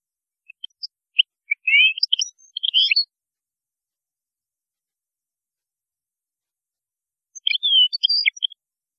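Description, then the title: European goldfinch song in two bursts of fast, liquid twittering with bright high notes, separated by a few seconds of quiet. "Chant Chardonneret"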